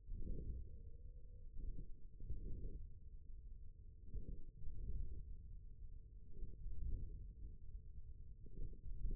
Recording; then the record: forearm muscle sounds (acoustic myography)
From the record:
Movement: ulnar deviation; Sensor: system 1, eight BSWA MPA416 microphones around the upper forearm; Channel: 2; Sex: male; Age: 41 years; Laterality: right